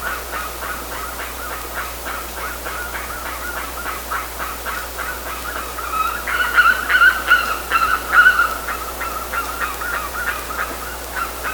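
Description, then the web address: A bird calls in a quick run of short notes. Midway, louder and richer notes briefly join for a couple of seconds, then the run continues more softly. "BIRD 2015 SABIOD 50 bird 2015"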